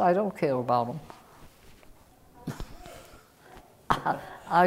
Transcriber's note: chuckles